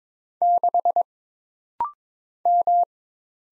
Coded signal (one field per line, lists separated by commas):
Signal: Morse code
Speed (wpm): 22 wpm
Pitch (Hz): 700 Hz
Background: none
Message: 6 M